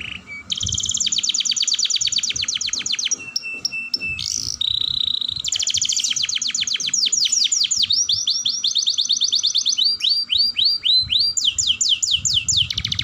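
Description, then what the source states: Canary singing continuously: long rolling trills, a steady whistled note, then fast descending slurred note series. Kenari singing a long roll song style (dor roll panjang), described as gacor, i.e. singing vigorously.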